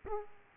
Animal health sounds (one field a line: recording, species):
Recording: mosquito wingbeat signal from an infrared sensor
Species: Aedes aegypti